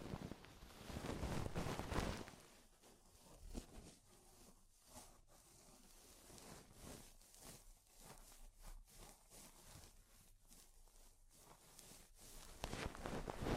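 Ear cleaning with rhinestone and clay removal: dense crackling and scraping textures fill the track, with a loud rubbing burst near the start and again at the end. In between come quieter irregular scratches and short clicks, with brief gaps of near silence.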